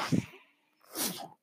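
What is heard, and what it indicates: A short, breathy puff of air, then a brief pause with a faint steady hum, and a second longer airy whoosh. Together they make one breath cycle of a home mechanical ventilator: the machine pushes air in, then the air flows back out.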